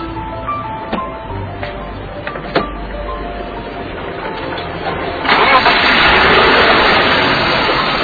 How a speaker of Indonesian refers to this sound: Kalau mesin tiap hari saya rawat, Bos. Bener, Bos? Bagus kan, suaranya bersih kan, Bos? Bersih.